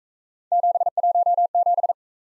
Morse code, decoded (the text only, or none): 717